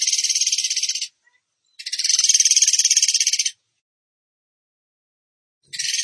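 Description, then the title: Bird giving repeated buzzy trills: two long bursts of fast pulsed notes separated by a short pause, then a third starting after a longer silence. Masteran (training recording) in tembakan gacor style. "Masteran Burung Tembakan Gacor"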